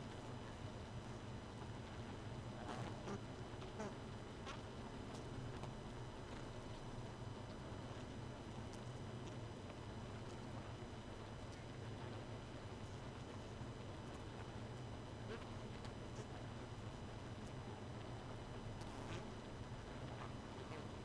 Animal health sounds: honeybee colony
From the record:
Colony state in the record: missing queen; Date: 31 May 2018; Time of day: 1:54

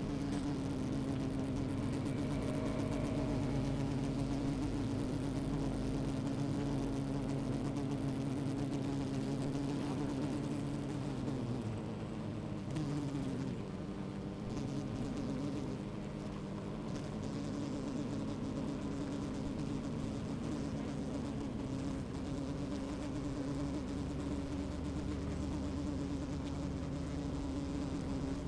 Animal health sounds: honeybee colony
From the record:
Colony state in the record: active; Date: 28 July 2017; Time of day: 12:15

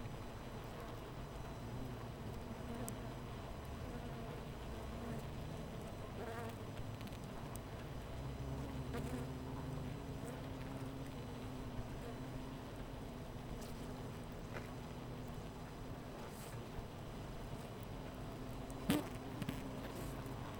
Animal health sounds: honeybee colony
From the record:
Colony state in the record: missing queen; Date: 14 July 2017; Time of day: 13:07

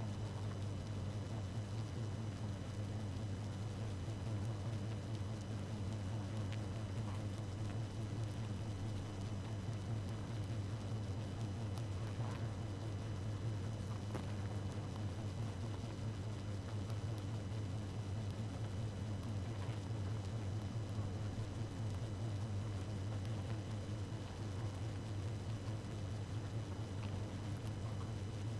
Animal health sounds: honeybee colony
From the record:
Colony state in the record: active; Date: 12 June 2018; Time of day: 0:39

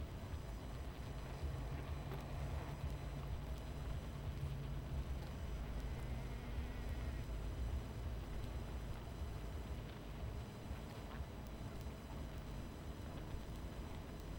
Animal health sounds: honeybee colony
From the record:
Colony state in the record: missing queen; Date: 14 July 2017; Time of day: 23:44

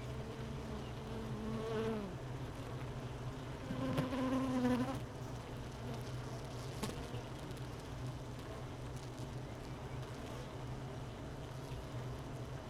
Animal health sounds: honeybee colony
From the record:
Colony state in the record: missing queen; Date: 31 May 2018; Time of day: 13:05

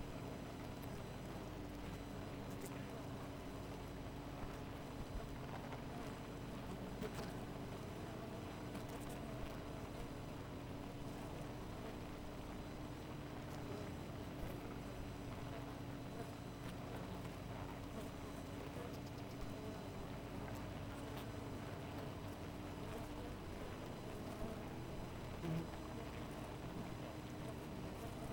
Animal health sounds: honeybee colony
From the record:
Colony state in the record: missing queen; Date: 14 July 2017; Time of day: 4:12

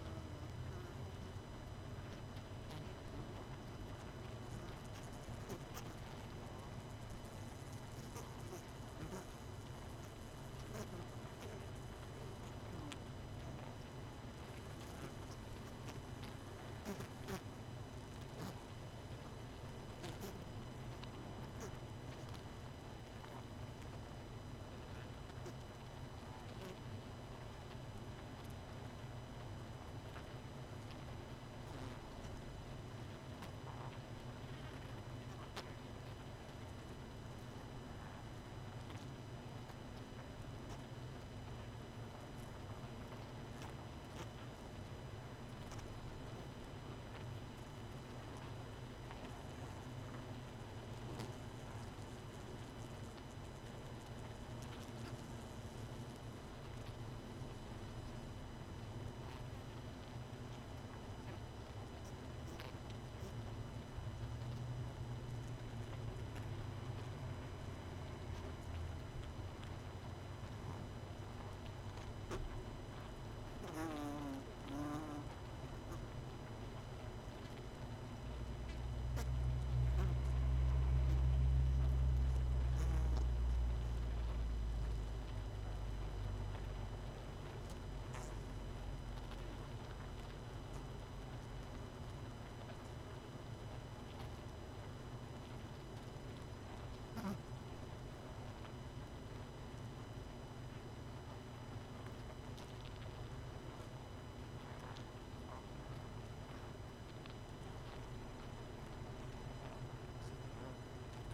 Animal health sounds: honeybee colony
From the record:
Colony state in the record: missing queen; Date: 31 May 2018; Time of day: 21:22

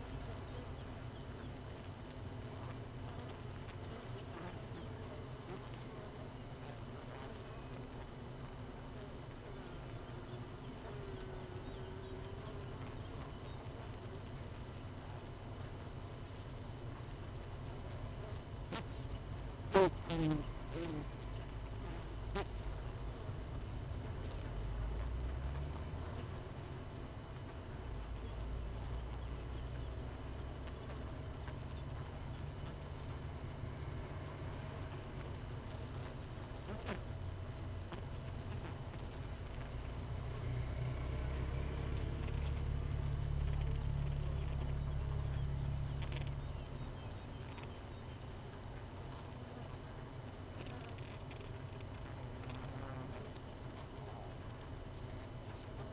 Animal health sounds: honeybee colony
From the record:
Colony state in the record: missing queen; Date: 31 May 2018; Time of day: 6:12

